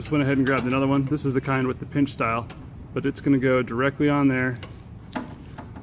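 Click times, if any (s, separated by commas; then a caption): 5.2 s. Someone talks while holding a pinch-style EFI quick-connect fuel fitting, then pushes it onto a freshly flared 5/16 steel fuel hardline. A sharp click sounds at 5.2 s, followed by a fainter tick at about 5.6 s. The fitting locks in place on the hardline.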